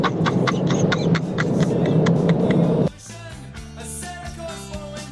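A heavy city bus engine, on route 64 along Via Nazionale, rumbles low and steady while driving, with rattling clicks over it, then cuts off abruptly partway through into a quieter passage of steady tones.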